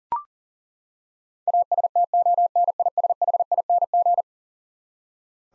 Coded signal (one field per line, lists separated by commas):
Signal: Morse code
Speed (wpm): 40 wpm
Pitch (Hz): 700 Hz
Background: none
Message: ASTONISHING